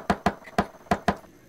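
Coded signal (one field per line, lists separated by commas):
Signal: tap code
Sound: five knocks on wood in a 2-1-2 rhythm: two quick, one, two quick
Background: small room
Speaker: das geheime klopfzeichen geht folgendermaßen kannst du dir das merken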